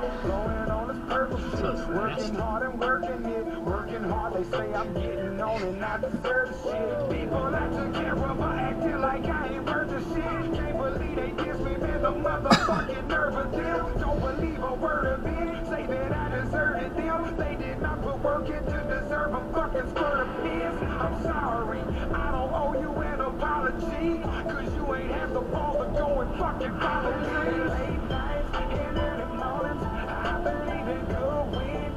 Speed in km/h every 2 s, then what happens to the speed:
35, 24, 18, 18, 29, 40, 48, 55, 55, 60, 61, 68, 68, 66, 68, 66.
0-4 brakes to 18. 6-23 speeds up to 68. 23-32 steady at about 66.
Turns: none.